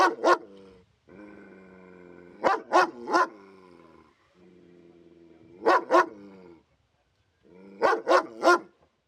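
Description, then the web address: Dog giving bursts of two or three quick barks roughly every three seconds, with steady tonal growling or whining in most pauses. Police dog; barking and growling. "Epidemic Sound. Police Dog Bark And Growl"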